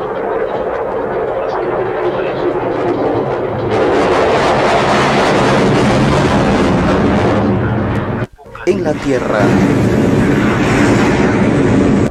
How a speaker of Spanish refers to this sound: El aullido de la muerte es el sonido realmente espeluznante que emite el poderoso caza furtivo Sukhoi Su-57, que es totalmente invisible frente a los radares de la OTAN y los Estados Unidos.